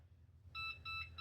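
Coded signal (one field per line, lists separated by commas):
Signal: beep code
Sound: quiet low hum, then three short buzzer beeps in quick succession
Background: low hum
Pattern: 3 short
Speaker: Je vais le passer à 20. Et là, on va entendre 3 bips.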